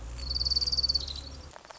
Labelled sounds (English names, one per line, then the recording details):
Orange-crowned Warbler
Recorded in Sonoma County, California